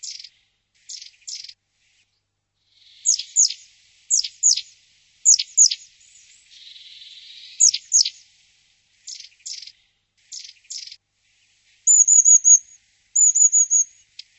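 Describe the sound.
Bird calls: sharp, high downward chirps, mostly in pairs, repeated irregularly, then two high, quavering, trilled whistles near the end.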